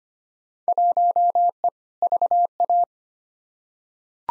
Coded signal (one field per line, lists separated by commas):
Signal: Morse code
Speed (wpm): 25 wpm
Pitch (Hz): 700 Hz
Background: none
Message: 1E VA